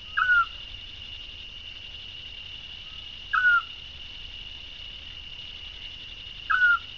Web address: otus scops call